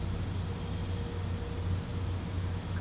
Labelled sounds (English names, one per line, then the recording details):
none
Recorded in pastures near Puerto Asís, Putumayo, Colombia, on 21 December 2024 at 23:30
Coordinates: 0.505, -76.324
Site G063